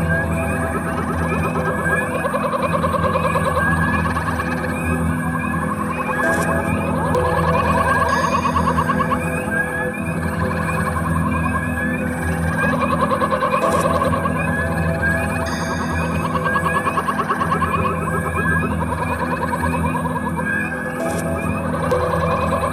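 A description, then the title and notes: Spring peepers sing in a dense, steady chorus of high repeating chirps over a low hum, layered and looped with occasional brighter sweeps. Frogs singing through the night - looped and treated and tuned and treated and looped. Spring peepers reimagined by Alex Vlad.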